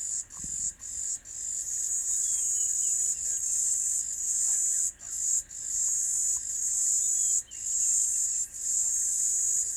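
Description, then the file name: B. brevis: insect buzzing song, a steady high hiss broken by brief gaps. Recorded at a ranch. "B brevis Morningside Ranch"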